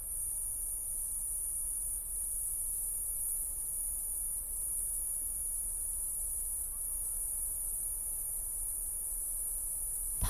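Cicadas keep up a steady high-pitched electric buzz from start to finish, over low background noise, with a brief soft knock at the end.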